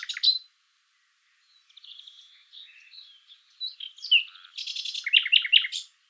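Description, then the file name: Common nightingale song: a sharp opening note, quiet warbled phrases after a pause, then loud fast rattling and varied chirped notes. "Luscinia megarhynchos"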